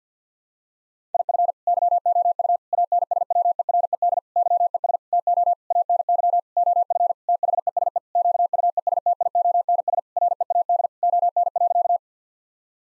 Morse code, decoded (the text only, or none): IF YOU ANSWERED YES TO ANY OF THESE QUESTIONS READ ON.